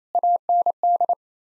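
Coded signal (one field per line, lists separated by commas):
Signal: Morse code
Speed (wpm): 27 wpm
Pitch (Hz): 700 Hz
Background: none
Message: AND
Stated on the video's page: Morse head-copy practice at 28 wpm sending common nine-word groups; each set is sent, spoken, then sent again.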